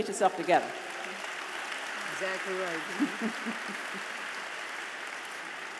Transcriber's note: applause